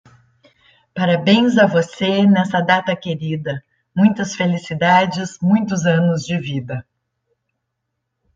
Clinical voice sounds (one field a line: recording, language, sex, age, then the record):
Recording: short text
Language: Brazilian Portuguese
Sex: female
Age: 50 to 59 years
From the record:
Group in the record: control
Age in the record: 59 years